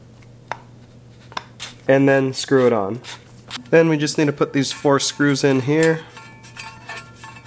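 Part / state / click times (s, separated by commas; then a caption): threaded clay tube onto extruder gearbox of a clay 3D printer / seated / 0.5 s. A threaded clay tube is pressed down and turned backwards onto the extruder gearbox of a Tronxy Moore 1 clay 3D printer, giving a sharp click at 0.5 s as the thread drops into place and the tube seats, followed by a couple of light knocks around 1.3–1.4 s. Someone then talks, and faint music comes in near the end.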